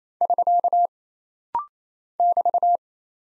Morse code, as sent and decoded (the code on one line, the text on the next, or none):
...-.- / -...-
<SK> <BT>